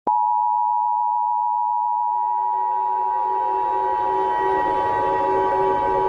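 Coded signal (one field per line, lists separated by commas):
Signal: Emergency Alert System (SAME) tones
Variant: 853 and 960 Hz attention tone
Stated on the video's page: Fictional scenario EAS alert, not a real broadcast.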